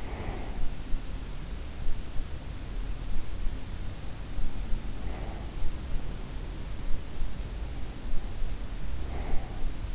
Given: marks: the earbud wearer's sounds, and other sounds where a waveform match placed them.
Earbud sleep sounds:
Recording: sounds in sleep by an in-ear microphone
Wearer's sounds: breath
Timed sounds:
0.00-0.64 s: breath

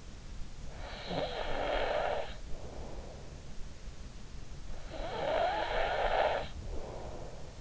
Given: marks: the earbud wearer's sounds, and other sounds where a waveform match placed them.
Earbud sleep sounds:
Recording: sounds in sleep by an in-ear microphone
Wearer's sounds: snoring breath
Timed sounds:
0.61-3.25 s: snoring breath
4.87-7.61 s: snoring breath

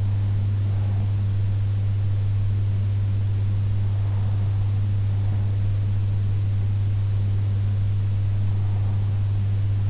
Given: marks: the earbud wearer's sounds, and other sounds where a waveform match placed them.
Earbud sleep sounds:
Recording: sounds in sleep by an in-ear microphone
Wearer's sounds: breath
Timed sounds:
0.00-1.99 s: breath

